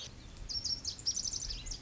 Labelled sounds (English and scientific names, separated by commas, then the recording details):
Lazuli Bunting (Passerina amoena)
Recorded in Sonoma County, California